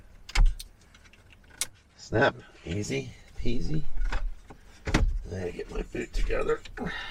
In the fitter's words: Cela va juste se clipser ici,